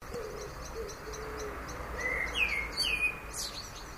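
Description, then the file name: Common blackbird giving a short fluted phrase of descending whistles ending in a high twitter, over steady rapid ticking and a faint low hoot early on. "Turdus merula"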